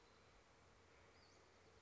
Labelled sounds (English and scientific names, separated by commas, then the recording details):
Western Flycatcher (Empidonax difficilis)
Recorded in Sonoma County, California